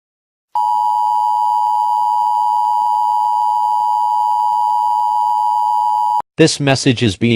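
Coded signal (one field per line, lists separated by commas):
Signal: Emergency Alert System (SAME) tones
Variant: 853 and 960 Hz attention tone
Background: speech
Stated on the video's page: Fictional EAS scenario made for entertainment, not a real alert.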